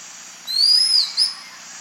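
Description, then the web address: Double-toothed Kite call: one thin, high, drawn-out whistle that rises and then falls away, followed by a short, sharp whistled note. Eastern lowlands of South America. "Natures Songs S America Eastern Lowlands. Double-toothed Kite"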